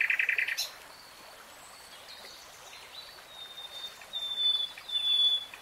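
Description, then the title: Nightingale song: a short fast rattle opens, followed by quiet faint notes and long pure whistled tones near the end. Nightingale singing, recorded in real time. "[Tiếng chim hót] REALTIME Nightingale Singing"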